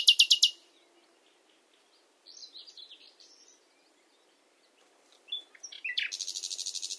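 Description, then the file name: Common nightingale song: a fast trill at the start, quiet gurgling notes, then sharp notes and a sustained rapid rattling trill to the end. "Luscinia megarhynchos"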